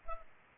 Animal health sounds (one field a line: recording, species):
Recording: mosquito wingbeat signal from an infrared sensor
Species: Culex pipiens